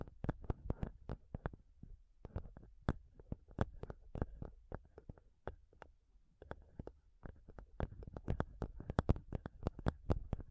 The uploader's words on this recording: ASMR INTENSE MIC TAPPING Sounds Using Nails (no talking).